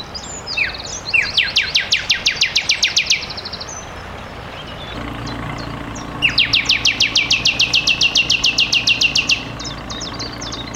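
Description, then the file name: Common nightingale song: rapid repeated downward-sweeping notes in two long bursts, each preceded by brief high chirps, with a pause between and a low steady hum in the background from the middle onward. "Luscinia megarhynchos"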